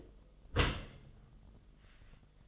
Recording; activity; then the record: daily activity, microphone in the room; close dishwasher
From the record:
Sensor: 4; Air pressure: 1005.6 hPa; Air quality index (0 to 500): 113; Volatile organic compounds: 3 ppm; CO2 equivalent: 1405 ppm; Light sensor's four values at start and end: 11/25/10/10 and 11/26/10/10